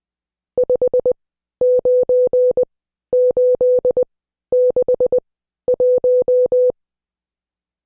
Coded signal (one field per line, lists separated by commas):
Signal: Morse code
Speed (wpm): 20 wpm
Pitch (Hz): 500 Hz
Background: none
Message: 59861